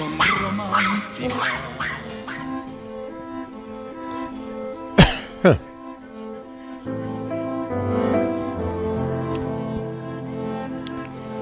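A dog gives two quick, sharp barks in a row, loud and abrupt, over a steady layer of sustained tonal sound that continues before and after.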